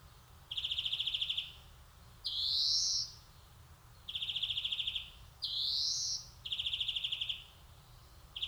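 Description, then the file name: European greenfinch calling: rapid pulsed trills about a second long alternate with drawn-out, rising nasal wheezes, repeating steadily. "Chloris chloris"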